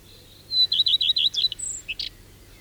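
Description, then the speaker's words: Common Redstart song: a high thin opening note, then a quick string of clear, downward-dipping notes, closing with a few scratchy, varied high twitters. Sings most actively early in the morning and at dusk; heard after sunset on an evening trip to a pine heath in Finland. "Leppälintu laulaa ahkerimmin aikaisin aamulla ja iltahämärissä."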